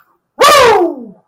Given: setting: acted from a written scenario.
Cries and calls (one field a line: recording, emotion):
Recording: vocal sound without words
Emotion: triumph